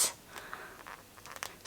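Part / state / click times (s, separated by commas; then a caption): twist base of a cream dosing dispenser / not seated / none. Someone twists the base of a nearly empty plastic cream dosing dispenser to push out a dose, making faint scraping, crunchy ticks from about 0.4 to 1.4 s, the sharpest at 1.4 s. The base is hard to turn and stops short, so the dose has not clicked, and less cream comes out than a full click would give.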